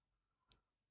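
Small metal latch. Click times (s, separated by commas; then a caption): 0.5 s. A fingernail presses the quick-release on a link of a watch bracelet, giving one small, sharp click at 0.5 s that rings briefly in the high frequencies over a quiet background. The bracelet link is released and already open.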